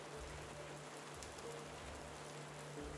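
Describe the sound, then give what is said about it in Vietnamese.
Steady rain pattering down, a dense, even hiss of drops with soft low rumble beneath and no voices, holding at a constant moderate level throughout. “Bởi tiếng mưa lộp độp nên bà Hỷ không hay biết điều ấy.”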